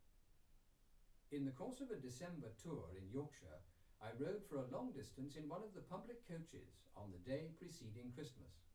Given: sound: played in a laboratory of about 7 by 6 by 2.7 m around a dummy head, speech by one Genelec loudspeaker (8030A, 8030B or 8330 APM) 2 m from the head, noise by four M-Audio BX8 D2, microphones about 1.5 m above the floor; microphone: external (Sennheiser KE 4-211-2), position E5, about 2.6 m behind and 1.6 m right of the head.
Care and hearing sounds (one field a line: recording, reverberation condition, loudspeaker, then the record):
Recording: male speech in English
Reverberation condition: low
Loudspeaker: 30 degrees to the right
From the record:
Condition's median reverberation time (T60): about 310 ms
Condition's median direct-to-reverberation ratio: about 3.5 dB